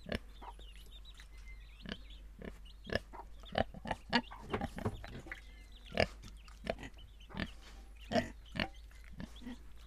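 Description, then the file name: Pigs giving scattered short grunts at irregular intervals, with thin bird chirps faintly behind. Pigs recorded in Viñales. "Quiet American - pigs in Vinales"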